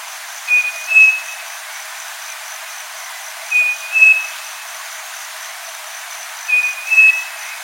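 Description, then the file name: Striped cuckoo song: three evenly spaced pairs of pure whistles, each rising a little on the second note, about three seconds apart, with steady insect buzz behind. "Canto do saci"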